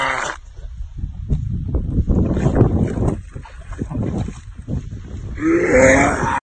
Dog coughing.